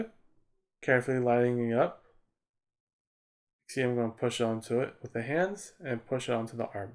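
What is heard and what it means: A small plastic wristband piece is lined up on a minifigure's hand and arm before being pushed on, while someone talks with a quiet pause between. No click is heard, and nothing has seated or clicked yet.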